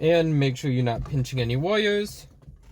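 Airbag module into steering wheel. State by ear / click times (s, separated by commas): not seated / none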